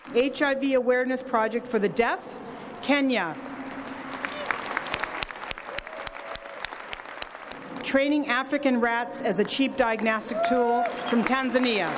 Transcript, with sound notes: HIV awareness project for the deaf—Kenya. [applause] Training African rats as a cheap diagnostic tool, from Tanzania.